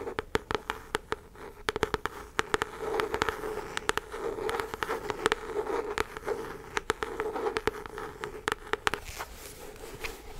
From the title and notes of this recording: ASMR Tingly Tapping, Tracing & Scratching.